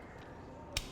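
The locking gate of a rope access device on a climbing rope is found unlocked and is closed. A single sharp click is heard at 0.8 s against a low, steady background, and the gate locks.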